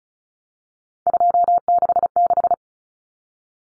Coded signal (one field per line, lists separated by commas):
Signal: Morse code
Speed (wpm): 34 wpm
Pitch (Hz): 700 Hz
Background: none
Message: 266